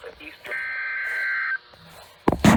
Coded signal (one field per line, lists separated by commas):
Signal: Emergency Alert System (SAME) tones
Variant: header bursts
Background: speech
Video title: Hurricane Isaias - EAS Alerts 583-600 + HURRICANE FOOTAGE